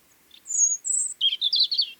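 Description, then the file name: European robin song: a thin, high warbled phrase of sliding whistles followed by quick, tumbling twittery notes, with no other sounds. "Erithacus rubecula"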